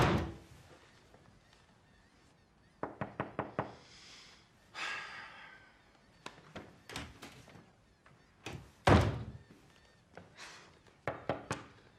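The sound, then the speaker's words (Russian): A quick run of five knocks on a door, then a rushing scrape as it swings open, followed by scattered clunks and a heavy thud as it shuts, with a few clicks after. “Постучав в дверь, он открыл ее, затем закрыл.”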